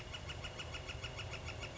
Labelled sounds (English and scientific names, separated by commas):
Northern Flicker (Colaptes auratus)